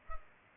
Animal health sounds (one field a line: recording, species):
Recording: mosquito wingbeat signal from an infrared sensor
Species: Culex pipiens